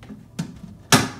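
A plastic freezer compartment cover is pushed into a KUPPET Retro Mini Fridge (3.2 Cu.Ft., Blue) until it pops into place. A soft tap at 0.4 s is followed by a loud, sharp pop at 0.9 s that rings briefly. The cover is seated.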